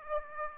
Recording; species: mosquito wingbeat signal from an infrared sensor; Aedes aegypti